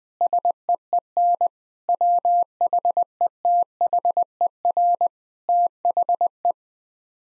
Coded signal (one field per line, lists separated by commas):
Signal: Morse code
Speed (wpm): 20 wpm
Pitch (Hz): 700 Hz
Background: none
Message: SEEN WHETHER THE